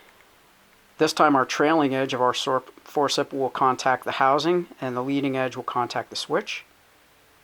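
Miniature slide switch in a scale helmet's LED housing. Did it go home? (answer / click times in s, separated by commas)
no / none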